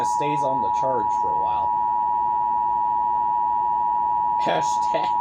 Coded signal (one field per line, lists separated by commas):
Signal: Emergency Alert System (SAME) tones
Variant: 853 and 960 Hz attention tone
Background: speech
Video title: Ef6 eas scenario YouTube movie night